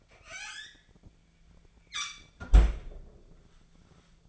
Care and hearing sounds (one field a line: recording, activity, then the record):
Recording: daily activity, microphone in the room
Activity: close fridge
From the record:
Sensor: 5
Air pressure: 1009.8 hPa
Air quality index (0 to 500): 164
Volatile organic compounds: 4 ppm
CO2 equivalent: 1591 ppm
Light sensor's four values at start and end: 104/268/111/118 and 104/270/111/118